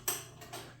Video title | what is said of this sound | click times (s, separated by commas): Vevor Extension cord Reel install (vertical) | if you pull it past the clicks you can hear the spring it's just going to retract it back in so | 0.1 s